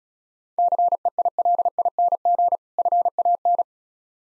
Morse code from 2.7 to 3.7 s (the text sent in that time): FAN